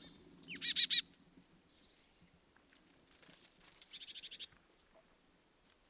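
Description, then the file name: Marsh tit giving two calls, each a clipped high note leading into a short fast series of buzzy notes. "Poecile palustris"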